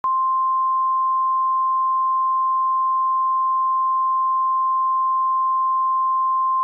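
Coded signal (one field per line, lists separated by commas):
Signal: Emergency Alert System (SAME) tones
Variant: 1050 Hz attention tone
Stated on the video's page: Fictional EAS scenario about a cataclysmic solar flare, with voice actors.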